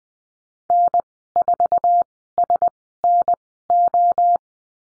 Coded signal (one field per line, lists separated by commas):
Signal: Morse code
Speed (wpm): 20 wpm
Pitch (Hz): 700 Hz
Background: none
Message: N4SNO